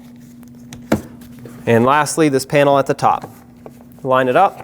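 A small plastic trim cover is pushed back into the door panel of a 2009–2015 Honda Pilot, and it should lock into place at the top. A sharp click at 0.9 s shows the cover seating. Someone then talks.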